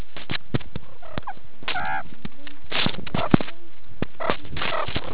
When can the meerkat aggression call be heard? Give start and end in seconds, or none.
none